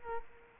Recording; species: mosquito wingbeat signal from an infrared sensor; Culex quinquefasciatus